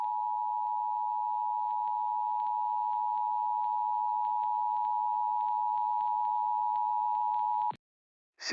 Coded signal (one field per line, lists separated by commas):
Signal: Emergency Alert System (SAME) tones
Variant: 853 and 960 Hz attention tone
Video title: Pity Party - My Submission to the 2023 Fall Brawl Competition - An EAS scenario